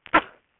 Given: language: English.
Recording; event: throat vibration sensor signal played as sound; cough